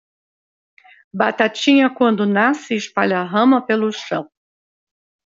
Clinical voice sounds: short text; Brazilian Portuguese; female; 70 to 79 years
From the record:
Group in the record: control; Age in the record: 73 years

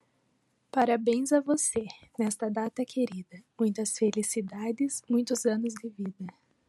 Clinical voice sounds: short text; Brazilian Portuguese; female; 18 to 19 years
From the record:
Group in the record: control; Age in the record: 19 years

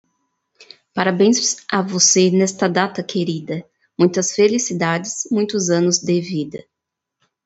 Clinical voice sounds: short text; Brazilian Portuguese; female; 20 to 29 years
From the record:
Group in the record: control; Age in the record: 26 years

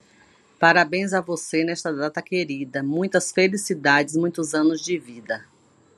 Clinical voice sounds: short text; Brazilian Portuguese; female; 50 to 59 years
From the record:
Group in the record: control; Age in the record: 54 years

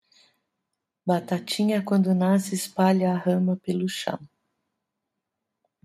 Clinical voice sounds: short text; Brazilian Portuguese; female; 60 to 69 years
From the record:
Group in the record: control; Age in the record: 66 years

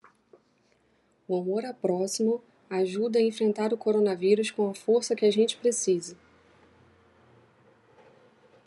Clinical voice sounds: spoken sentence; Brazilian Portuguese; female; 30 to 39 years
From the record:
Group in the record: control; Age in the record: 37 years

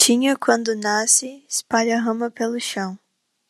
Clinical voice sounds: short text; Brazilian Portuguese; female; 20 to 29 years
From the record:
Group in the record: control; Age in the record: 22 years

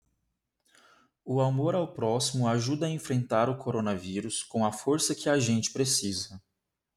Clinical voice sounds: spoken sentence; Brazilian Portuguese; male; 20 to 29 years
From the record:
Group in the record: control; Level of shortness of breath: 0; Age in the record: 27 years

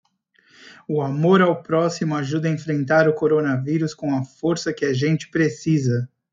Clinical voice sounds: spoken sentence; Brazilian Portuguese; male; 40 to 49 years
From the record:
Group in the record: control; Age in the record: 40 years

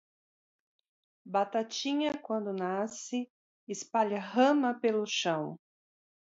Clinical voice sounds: short text; Brazilian Portuguese; female; 40 to 49 years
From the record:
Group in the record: control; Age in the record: 48 years

